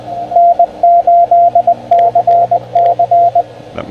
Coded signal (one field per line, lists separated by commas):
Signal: Morse code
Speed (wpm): 20 wpm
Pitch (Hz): 700 Hz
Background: radio noise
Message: N8CC